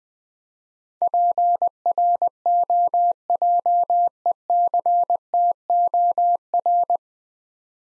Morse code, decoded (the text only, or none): PROJECTOR